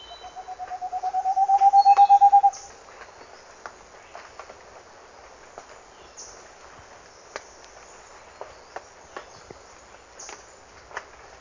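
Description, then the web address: Moustached Antpitta giving a hollow series of whistled notes, slightly rising and swelling in volume over about two and a half seconds, then faint clicks and ticking in the background. Recorded in Ecuador. "Birds of Ecuador. Moustached Antpitta"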